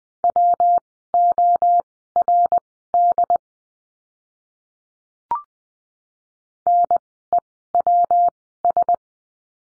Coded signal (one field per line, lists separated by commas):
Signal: Morse code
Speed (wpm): 20 wpm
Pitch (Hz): 700 Hz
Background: none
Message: WORD NEWS